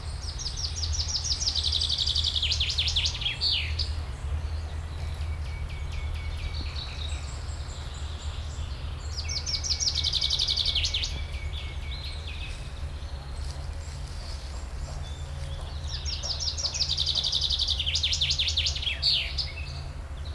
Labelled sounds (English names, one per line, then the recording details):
Common Chaffinch
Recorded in the wild
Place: Schloßpark Babelsberg, Brandenburg, DE
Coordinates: 52.4, 13.1
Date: 1996-06-07 13:21
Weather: sonnig, 24-30°C
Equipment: Sony MD-WM MZ-R3, Sennheiser MKH 416 T, Kopie Uher 4000 Report Monitor
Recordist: Tembrock, Günter
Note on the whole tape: Gesang